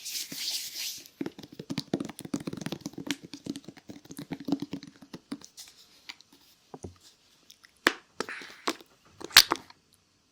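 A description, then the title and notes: Squelching ear massage with lotion, made of dense rapid rubbing and slick clicking strokes that crowd the first half. A short hiss opens the clip. After about six seconds the strokes thin into scattered sharp smacks and crinkles. ASMR INTENSE Ear Massage with Lotion (NO TALKING) Ear to Ear.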